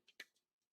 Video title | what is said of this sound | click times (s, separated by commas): How To Change Attachments on a Ryobi String Trimmer | And you'll hear an audible click when it's secured. | 0.2 s